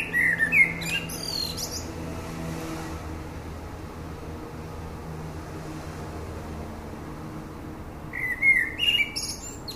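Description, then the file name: Common blackbird song phrases at the very start and end, each a brief fluted warble plus a squeaky high twitter, with a long quiet stretch of faint background hum between. "Turdus merula"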